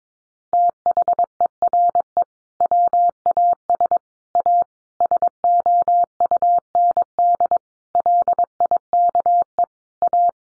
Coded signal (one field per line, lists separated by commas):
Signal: Morse code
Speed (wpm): 22 wpm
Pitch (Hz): 700 Hz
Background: none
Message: THERE WAS A SOUND LIKE A